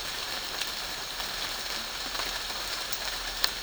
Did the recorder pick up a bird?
no